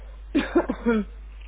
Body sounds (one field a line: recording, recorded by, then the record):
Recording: voluntary cough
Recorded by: telephone call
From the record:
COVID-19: positive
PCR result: checked with the laboratory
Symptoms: yes